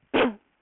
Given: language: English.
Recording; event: throat vibration sensor signal played as sound; cough